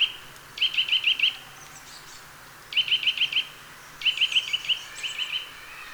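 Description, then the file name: Eurasian nuthatch giving rapid runs of four to five clipped, high upslurred notes, three runs in quick succession with a softer run at the end. "Sitta europaea"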